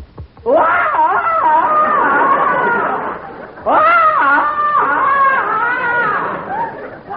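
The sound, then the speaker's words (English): Jack Benny attempts a Tarzan jungle yell at the zoo in front of a crowd of kids: two long, loud, warbling cries with a wavering, yodel-like pitch, the second following a brief pause. “Benny, lift your chest and give the Tarzan yell.”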